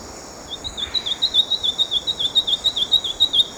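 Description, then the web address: Olivaceous greenlet song: a brisk string of clear, wavering notes, with a thin high insect buzz behind. Recorded in Ecuador. "Birds of Ecuador. Olivaceous Greenlet"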